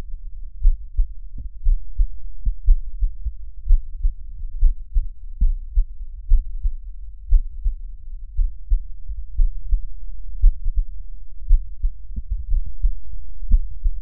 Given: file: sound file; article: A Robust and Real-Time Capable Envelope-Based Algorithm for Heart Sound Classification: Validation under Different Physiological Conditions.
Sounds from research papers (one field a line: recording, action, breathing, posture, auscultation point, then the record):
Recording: heart sounds by electronic stethoscope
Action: rest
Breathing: normal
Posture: sitting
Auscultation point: sternum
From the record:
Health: healthy, no known heart disease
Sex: male